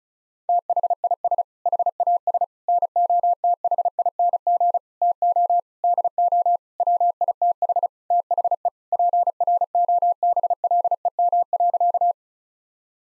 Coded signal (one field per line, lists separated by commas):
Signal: Morse code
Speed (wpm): 34 wpm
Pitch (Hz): 700 Hz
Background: none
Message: THIS HAS NOTHING TO DO WITH THE PROBLEM.